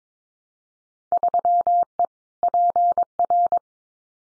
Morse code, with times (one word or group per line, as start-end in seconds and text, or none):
1.1-2.0 3E
2.4-3.6 PR